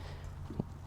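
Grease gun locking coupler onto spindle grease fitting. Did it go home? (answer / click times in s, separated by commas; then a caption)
no / none. A grease gun's locking coupler is pushed onto the grease fitting of the other spindle on a Toro Z Master zero-turn mower. Over a steady low hum there is one brief dull knock around 0.6 s. The coupler has not clicked or locked onto the fitting.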